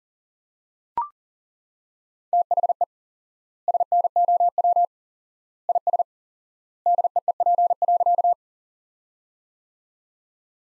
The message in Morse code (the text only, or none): THE SNOW IS DEEP.